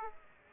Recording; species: mosquito wingbeat signal from an infrared sensor; Aedes aegypti